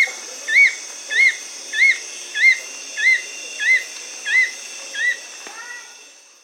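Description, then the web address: Fulvous-chinned nunlet calling: a series of eight clear, arched whistled notes, each rising then falling, repeated steadily about every two-thirds of a second before trailing off. Recorded in South America. "Natures Songs S America Fulvous-chinned Nunlet"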